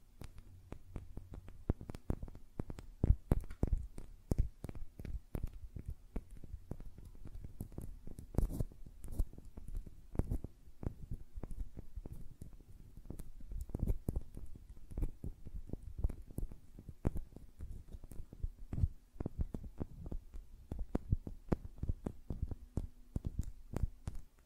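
Fingernails tap and flutter in quick, irregular bursts, dense clicks that cluster and thin out, mostly dull and low with occasional sharper ticks.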